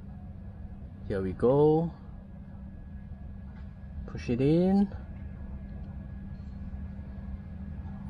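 A wire terminal pin is pushed into slot four of a connector housing during a Mopar auxiliary switch bank (82215798AD) install on a Jeep JL Wrangler, over a steady low hum. Someone talks around 1.1–1.9 s and 4.1–4.9 s. The pin has not clicked or seated yet because of the angle, so it will have to be pushed again.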